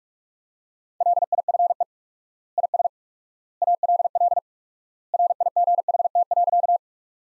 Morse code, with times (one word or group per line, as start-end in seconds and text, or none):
1.0-1.8 LIFE
2.6-2.9 IS
3.6-4.4 ALL
5.1-6.8 RIGHT.